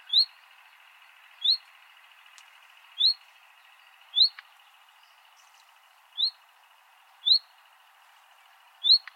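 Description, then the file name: Common nightingale giving short, sharply rising whistled notes, one roughly every one to two seconds, over a steady hiss with a few faint clicks. "Luscinia megarhynchos"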